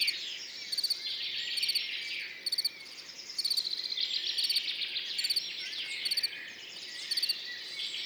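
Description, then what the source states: Field cricket producing rhythmic pulsed chirps nearly every second, with a layered background of whistling and twittering birds. Singing continuously among orchids after a mild night, morning, 10 June 2019, Montagne du Puy; birds waking in background; Nagra Seven recorder, MKH40 microphone, stereo.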